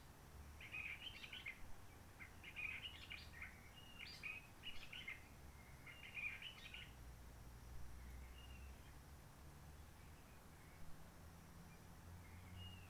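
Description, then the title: Réunion bulbul gives a string of short chattering chirps and warbles for several seconds, then falls quiet apart from faint notes and low rumble. Roche Merveilleuse forest, Réunion; quiet since the 19 March 2020 lockdown, no hikers, microlights or helicopters; sunny blue-sky weather; birds not very active; song simpler, short phrases, adapted to past noise pollution. "Roche Merveilleuse, Réunion - Merle de lîle de la Réunion."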